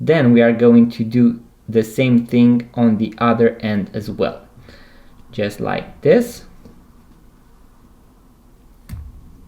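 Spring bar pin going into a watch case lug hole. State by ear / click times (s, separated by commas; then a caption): not seated / none. Someone talks while the spring bar on the second end of a Timex Ironman watch strap is pushed and moved with a two-tooth pin tool toward the watch case lug hole. Quiet handling follows, with one brief sharp sound near 8.9 s. The pin has not yet clicked into the lug hole, and nothing has seated.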